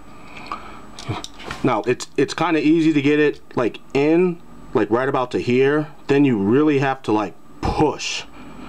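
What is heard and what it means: Someone talks while handling a FansProj Car Crash/T-Bone action figure during transformation, working its plastic arm toward the elbow joint, which takes a hard push to click into place. A brief sharp sound comes at 0.5 s under the talking. The arm has not clicked or seated yet by the end.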